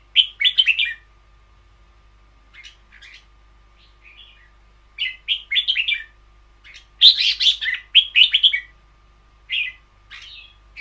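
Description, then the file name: Red-whiskered bulbul song: bright, bubbly warbled phrases of a few quick notes, delivered in bursts separated by pauses, with a few softer notes between. Caged bird; song style named เบิ้ลยาว (long double). "เสียงนกกรง-เบิ้ลยาว"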